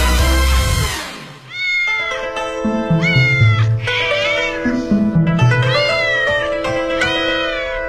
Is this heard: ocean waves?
no